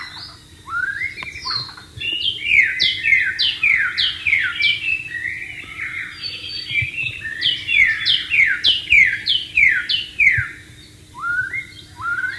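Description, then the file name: White-rumped shama song, long series of loud downslurred whistles in quick succession, broken by a short pause and then resumed. Wild bird, recorded in the wild. "suara burung murai batu di alam liar"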